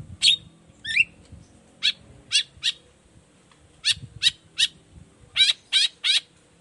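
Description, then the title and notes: Long-tailed shrike uttering harsh scratchy notes, mostly in short groups of three, with one whistled slur early, over a low hum. Singing persistently in the morning, with the 'toet toet' variation, used as a lure to make other shrikes of any type answer and open their beaks. "Cendet Gacor Dor Di Kala Pagi Toet Toet Variasi Suara. Cendet Gacor Efektif Pancingan Buat Cendet Jenis Apapun Agar Cepat Nyaut Buka Paruh. Burung cendet"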